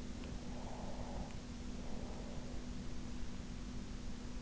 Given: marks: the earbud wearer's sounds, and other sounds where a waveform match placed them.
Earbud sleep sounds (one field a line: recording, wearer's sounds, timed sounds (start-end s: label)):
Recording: sounds in sleep by an in-ear microphone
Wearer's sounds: breath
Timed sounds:
1.15-3.69 s: breath